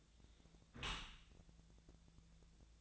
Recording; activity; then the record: daily activity, microphone in the room; close dishwasher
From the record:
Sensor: 3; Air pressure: 1000.5 hPa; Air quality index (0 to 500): 175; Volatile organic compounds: 3 ppm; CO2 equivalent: 1513 ppm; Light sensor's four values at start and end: 13/36/14/16 and 14/36/14/16